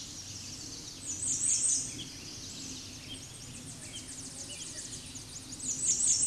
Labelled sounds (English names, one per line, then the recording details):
American Redstart song
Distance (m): 10 m
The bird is about 10 m above the microphone
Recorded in a Pennsylvania forest on 16 May 2024 at 06:46
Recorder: AudioMoth, point MSD-2112
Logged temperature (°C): 16.3 °C
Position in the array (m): 48 m, 220 m